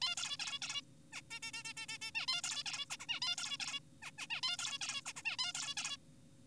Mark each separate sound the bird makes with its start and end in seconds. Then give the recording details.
0.02-0.15, 0.17-0.37, 0.39-0.59, 0.62-0.81, 1.13-1.21, 1.31-1.39, 1.43-1.51, 1.54-1.63, 1.65-1.73, 1.77-1.86, 1.89-1.98, 2.02-2.11, 2.15-2.26, 2.28-2.41, 2.44-2.63, 2.66-2.85, 2.90-2.97, 3.00-3.06, 3.09-3.20, 3.22-3.36, 3.38-3.58, 3.60-3.80, 4.03-4.11, 4.18-4.27, 4.30-4.41, 4.43-4.57, 4.59-4.78, 4.81-5.01, 5.06-5.13, 5.16-5.22, 5.25-5.37, 5.39-5.53, 5.55-5.75, 5.77-5.97. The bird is an adult. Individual g4p5U